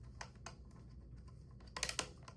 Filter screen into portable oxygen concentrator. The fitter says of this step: till it snaps back into place.